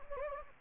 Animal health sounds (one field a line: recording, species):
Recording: mosquito wingbeat signal from an infrared sensor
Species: Anopheles gambiae